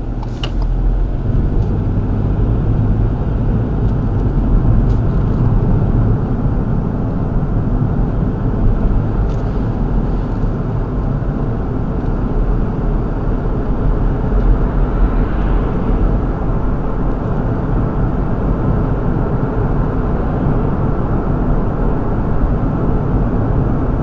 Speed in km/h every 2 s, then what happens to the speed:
34, 42, 47, 47, 48, 52, 56, 61, 63, 64, 66, 64.
0-4 speeds up to 47. 4-9 steady at about 47. 9-15 speeds up to 63. 15-24 steady at about 64.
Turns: none.